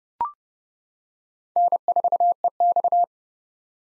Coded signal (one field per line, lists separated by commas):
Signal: Morse code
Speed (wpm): 32 wpm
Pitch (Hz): 700 Hz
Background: none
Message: N4EX